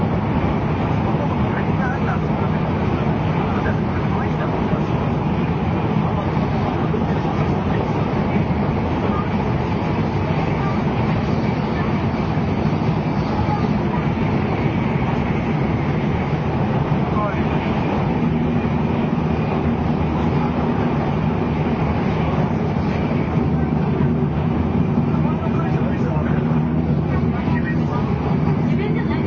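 A JR 700 series Shinkansen running between Kyoto and Shin-Yokohama: a steady, dense roar of the train in motion, with a low droning hum that holds level for the whole half minute. Faint voices seem to blend into the constant noise, without distinct events.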